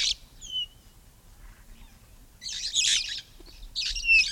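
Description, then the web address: Red-fronted parrot calls: a short screech and two thin falling whistles, then loud rasping screeches after a pause, ending with a sharp squeal. "parrots poicephalus-gulielmi"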